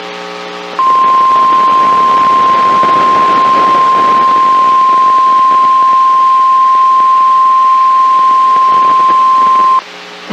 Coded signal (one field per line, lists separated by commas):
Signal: Emergency Alert System (SAME) tones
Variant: 1050 Hz attention tone